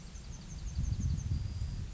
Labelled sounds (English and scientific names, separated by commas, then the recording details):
Yellowhammer (Emberiza citrinella) song
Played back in forest
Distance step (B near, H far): G
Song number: 005